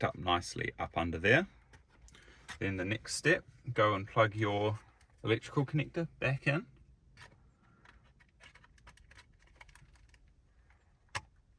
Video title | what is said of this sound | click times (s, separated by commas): How To Install A DSG Shift Knob | Yep, it should clip in like that. | 9.6 s